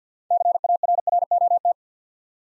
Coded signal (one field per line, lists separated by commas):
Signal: Morse code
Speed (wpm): 47 wpm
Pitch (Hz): 700 Hz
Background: none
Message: CARROT